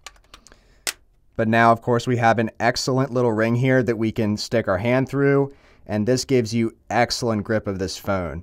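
An aluminum ring gadget is clipped into the mount on an official Samsung clear slim plastic case for a Samsung Galaxy S23 Ultra. A few faint taps come first, then a sharp click at 0.9 s as the ring seats in place. After that, someone talks.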